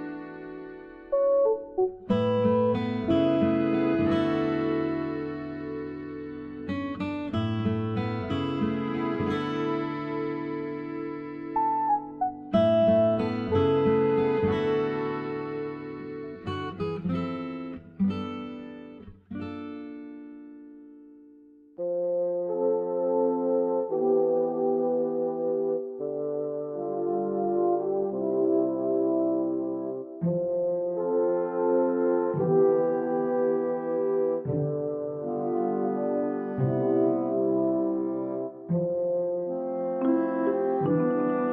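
Soundtrack music of slow, sustained chords over deep held bass notes, shifting every few seconds. Brief breaks come near 2 and 12 seconds, with a longer fade and pause around 20 seconds. After that, the music returns softer, with higher melodic notes on top.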